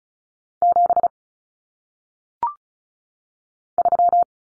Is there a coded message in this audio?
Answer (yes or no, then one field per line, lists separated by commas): yes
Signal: Morse code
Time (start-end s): 0.6-4.2 s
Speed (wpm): 36 wpm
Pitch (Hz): 700 Hz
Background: none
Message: 7 3